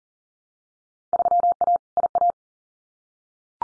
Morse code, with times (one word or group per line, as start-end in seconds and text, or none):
1.1-1.8 3A
2.0-2.3 IA